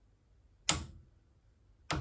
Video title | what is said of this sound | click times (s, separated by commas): Couple de serrage clé dynamométrique, je vous explique tout. | on entend un claque donc moi je sens dans la clé quand j'appuie ici qu'elle vient lâcher je ressens ce petit clac ça veut dire que je suis arrivé au couple | 0.7 s